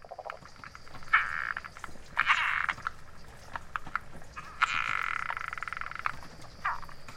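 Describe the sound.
Latouche's frog calls: grating, rasping croaks in short bursts, several spaced throughout, with a high hum behind at times.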